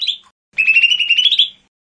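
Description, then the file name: Lesser green leafbird song: one short whistled note, a pause, then a sustained buzzy trill slowly rising in pitch for about a second. "audio-cucak-hijau-mini-1-omkicau"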